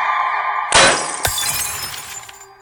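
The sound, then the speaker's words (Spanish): Glass shatters loudly, a mirror smashed by a hammer: a heavy crash, then a second sharp strike, followed by a long bright tinkle of falling shards that slowly fades. No one speaks. “Una noche, desesperada, cogió un martillo e hizo pedazos el espejo, creyendo que este era el culpable de su infelicidad.”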